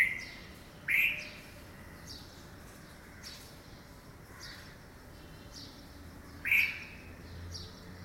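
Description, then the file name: Red-vented bulbul calls: two loud short notes several seconds apart, after one cut off at the start, with fainter brief notes between them over low background hiss. "Pycnonotus cafer - Red-vented Bulbul"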